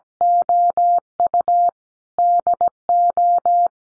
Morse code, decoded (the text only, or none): OU DO